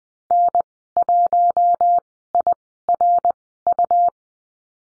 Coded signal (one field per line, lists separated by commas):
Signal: Morse code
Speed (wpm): 20 wpm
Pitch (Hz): 700 Hz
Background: none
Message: N1IRU